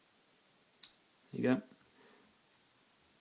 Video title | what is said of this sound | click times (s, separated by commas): Mech Re - Pinning a Half Euro Lock - Ultra 6 Pin Euro | now what you can do is you can turn it around and lock it up you lay the pins click into place | 0.8 s